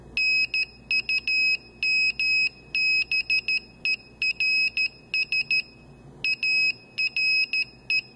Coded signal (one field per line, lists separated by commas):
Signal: Morse code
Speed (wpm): 13 wpm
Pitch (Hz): 2550 Hz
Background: none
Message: NUMBERS ARE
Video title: Arduino Morse Code Decoder + Encoder